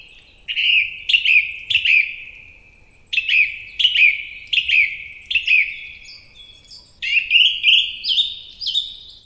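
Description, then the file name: Bird song: clear, high chirping phrases of quick, sliding notes repeated in bursts, with brief pauses between groups and a quiet background. "beautiful birdsong"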